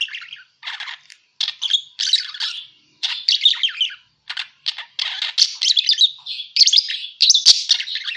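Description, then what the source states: Parakeet calls: clusters of chirpy, grating chatter notes in short bursts, becoming denser and more continuous toward the end. Parakeet calls used as a lure sound for catching birds.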